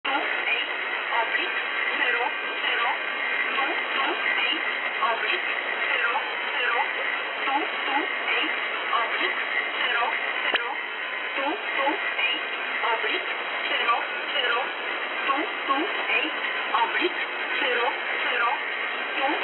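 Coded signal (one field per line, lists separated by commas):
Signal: numbers station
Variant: E11 Oblique, English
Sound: a voice reading words through heavy radio hiss, with a faint high whine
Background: radio static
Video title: E11 Oblique, Warsaw, Poland, Numbers Station, 228/00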